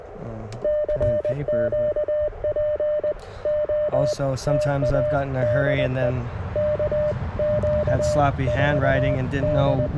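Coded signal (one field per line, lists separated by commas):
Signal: Morse code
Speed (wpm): 20 wpm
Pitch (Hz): 600 Hz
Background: speech, radio noise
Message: CQ POTA DE KQ4D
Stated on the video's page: CW at a POTA activation in a national forest using a 10 m delta loop and a 30 m wire vertical.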